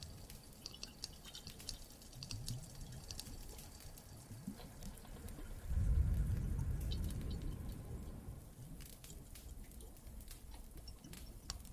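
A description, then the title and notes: Cave ambience with water and a fireplace: a low steady rumble underneath, with sharp crackles and small drips popping through at irregular moments. The low rumble swells noticeably around six seconds, then eases back while the scattered crackling continues. Some more Cave ASMR, Water and Fireplace added.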